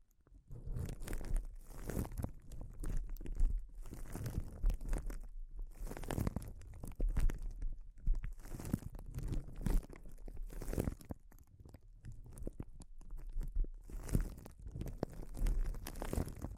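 Crinkling sounds, dense and restless, with crisp crackles flaring in quick clusters every second or two. The texture is bright and scratchy, rising and falling in loudness without pause, with occasional sharper crunches standing out, such as near six and eleven seconds.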